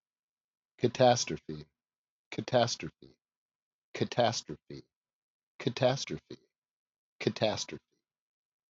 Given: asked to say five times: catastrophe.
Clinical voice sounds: repeated word; male; 50 to 59 years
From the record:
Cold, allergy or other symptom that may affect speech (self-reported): no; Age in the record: 56 years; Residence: New York, United States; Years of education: 13

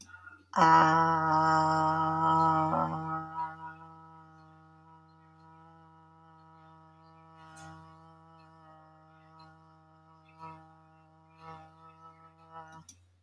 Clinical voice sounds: vowel held as long as possible; female; 40 to 49 years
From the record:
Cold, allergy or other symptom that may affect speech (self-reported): no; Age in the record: 45 years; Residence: Virginia, United States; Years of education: 16

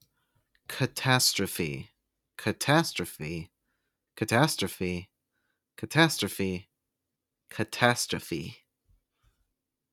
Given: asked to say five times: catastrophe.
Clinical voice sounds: repeated word; male; 20 to 29 years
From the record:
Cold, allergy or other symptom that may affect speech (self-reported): no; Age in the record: 27 years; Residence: Georgia, United States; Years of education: 12

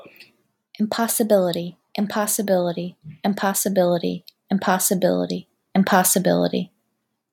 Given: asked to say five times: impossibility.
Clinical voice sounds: repeated word; female; 30 to 39 years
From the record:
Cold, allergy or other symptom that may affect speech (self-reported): no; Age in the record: 30 years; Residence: Illinois, United States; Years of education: 18

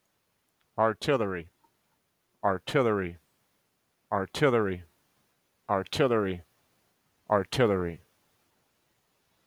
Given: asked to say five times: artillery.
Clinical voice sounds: repeated word; male; 30 to 39 years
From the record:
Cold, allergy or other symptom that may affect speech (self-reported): no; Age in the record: 33 years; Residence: United States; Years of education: 16

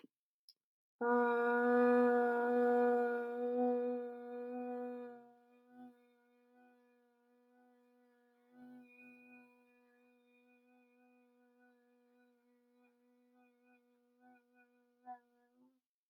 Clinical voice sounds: vowel held as long as possible; female; 20 to 29 years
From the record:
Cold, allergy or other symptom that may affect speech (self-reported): no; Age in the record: 20 years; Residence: Utah, United States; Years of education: 13

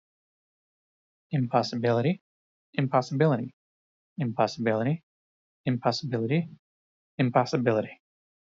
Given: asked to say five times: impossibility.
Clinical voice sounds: repeated word; male; 30 to 39 years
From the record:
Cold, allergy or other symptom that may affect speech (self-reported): no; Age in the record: 37 years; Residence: Missouri, United States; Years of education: 18

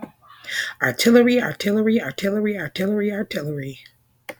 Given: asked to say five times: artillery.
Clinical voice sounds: repeated word; female; 40 to 49 years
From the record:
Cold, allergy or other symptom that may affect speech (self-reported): no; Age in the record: 41 years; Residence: Michigan, United States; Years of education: 19

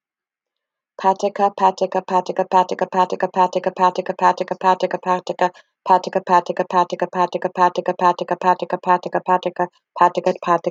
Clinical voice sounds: repeated syllables /pa ta ka/; female; 50 to 59 years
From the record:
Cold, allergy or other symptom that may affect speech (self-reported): no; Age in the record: 57 years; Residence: Florida, United States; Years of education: 18

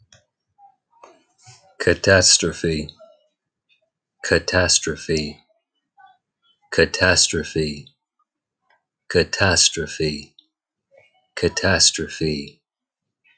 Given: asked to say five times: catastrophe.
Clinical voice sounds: repeated word; male; 20 to 29 years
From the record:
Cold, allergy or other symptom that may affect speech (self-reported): no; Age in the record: 29 years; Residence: California, United States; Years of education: 12

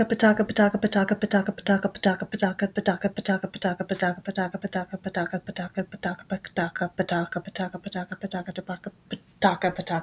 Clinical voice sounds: repeated syllables /pa ta ka/; male; 20 to 29 years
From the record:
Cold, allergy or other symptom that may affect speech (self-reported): no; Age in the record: 28 years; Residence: New York, United States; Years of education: 16

